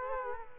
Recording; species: mosquito wingbeat signal from an infrared sensor; Culex quinquefasciatus